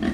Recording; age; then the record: pig call; growing-finishing pig (85 days or more)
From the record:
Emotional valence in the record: negative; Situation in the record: barren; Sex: male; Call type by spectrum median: low-frequency call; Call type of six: low-frequency stable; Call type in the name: low-frequency stable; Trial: 4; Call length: 0.14 s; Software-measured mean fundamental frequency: 51 Hz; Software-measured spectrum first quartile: 226 Hz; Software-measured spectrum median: 347 Hz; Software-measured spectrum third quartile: 1170 Hz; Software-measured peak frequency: 231 Hz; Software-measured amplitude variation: 135 dB a second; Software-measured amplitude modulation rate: 17.6 a second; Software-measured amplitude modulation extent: 7.6 dB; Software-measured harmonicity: 3.0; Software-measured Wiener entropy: -2.02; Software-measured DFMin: 809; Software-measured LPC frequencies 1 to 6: 1832, 3206, 3896, 4672, 5685, 6801 Hz